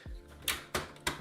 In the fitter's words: I heard a click.